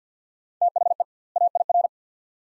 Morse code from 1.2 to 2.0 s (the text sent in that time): AIR